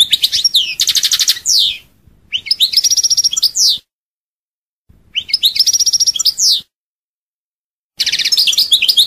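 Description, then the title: European goldfinch song in fast bursts of buzzy trills and tinkling slurred notes, broken by short silent gaps. "Chant Chardonneret"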